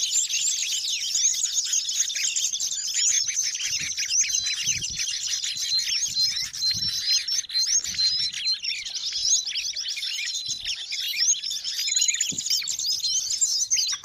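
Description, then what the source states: Bird song chorus of countless high, busy twitters overlapping steadily, a few faint low knocks underneath. Noisy birds, used as a lure to attract wild birds.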